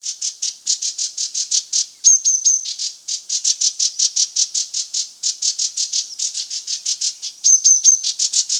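Green-backed tit calling in a steady string of rasping high chatter notes, with two brief triplets of thin whistled notes mixed in.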